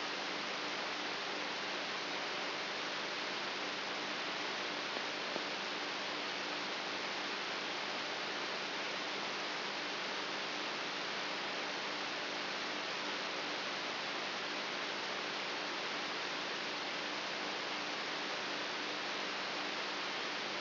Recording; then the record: brain microelectrode recording played as sound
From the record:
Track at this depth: inside the subthalamic nucleus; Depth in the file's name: 4.64 mm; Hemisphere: right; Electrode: 3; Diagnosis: Parkinson's disease